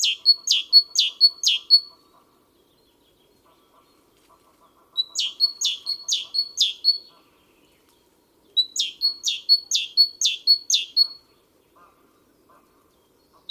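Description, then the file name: Great tit song: three bursts of high two-part notes, each strophe of several quick repeats, separated by short silent pauses. "Parus major"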